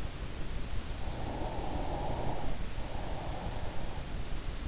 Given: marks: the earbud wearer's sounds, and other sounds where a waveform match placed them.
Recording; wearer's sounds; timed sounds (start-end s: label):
sounds in sleep by an in-ear microphone; breath
0.94-4.26 s: breath